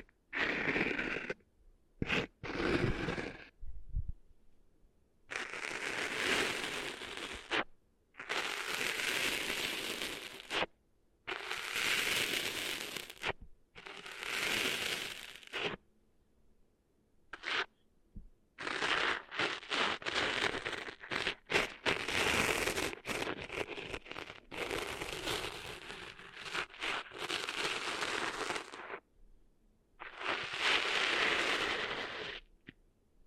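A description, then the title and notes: Ear-cleaning sounds come in dense scratchy, rustling bursts of a few seconds each, separated by brief silences and occasional sharp clicks. ASMR Cleaning Sand Out of Your Ears (No Talking).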